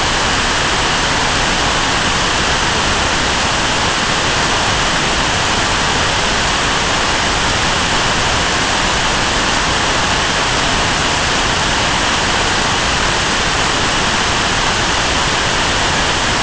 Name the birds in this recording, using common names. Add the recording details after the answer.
none. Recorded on Arctic tundra, site NAIT-1, on 25 June 2018. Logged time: 03:00